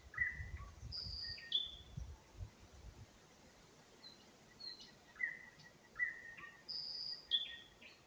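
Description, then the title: Nightingale song of pure sustained whistles and short slurred notes in spaced phrases; low rumbling noise during the first three seconds. Singing in spring near Huncha, Vinnytsia Oblast, Ukraine, by an unnamed road. "Unnamed Road, Гунча, Вінницька область, Україна, 23724-Spring, nightingale singing"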